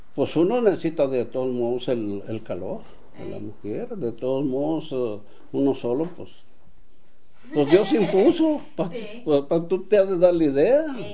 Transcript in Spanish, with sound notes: Pos uno necesita de todos modos el calor de la mujer. De todos modos uno solo, pos… (risas) Pos Dios impuso pa…Pos, hasta tú te haces a la idea.